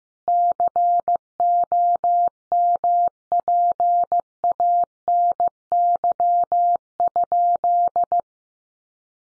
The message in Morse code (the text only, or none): COMPANY?